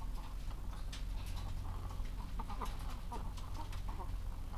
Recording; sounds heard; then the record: poultry house recording; sick chickens (respiratory disease)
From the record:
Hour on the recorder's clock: 15